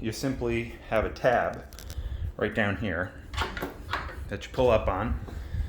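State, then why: Not seated. Someone talks while handling the metal folding squat stand on a home gym incline frame, pulling up on its release tab to store it because it gets in the way, and a couple of short sharp knocks are heard. Nothing has seated or locked into the stowed position yet.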